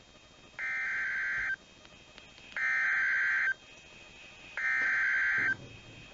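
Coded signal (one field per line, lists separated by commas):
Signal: Emergency Alert System (SAME) tones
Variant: header bursts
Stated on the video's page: Received off NOAA weather radio transmitter during a severe weather event at Meridian, Mississippi.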